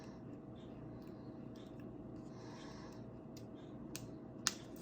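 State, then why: Seated. An iPhone 7 screen replacement: the display flex cable connector is pressed onto its logic board socket. Against a steady low background hum, a few faint ticks lead up to a sharp click at 4.5 s, and the connector seats.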